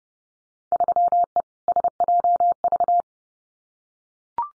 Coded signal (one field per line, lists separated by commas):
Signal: Morse code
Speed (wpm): 30 wpm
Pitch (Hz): 700 Hz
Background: none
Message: 3E SJV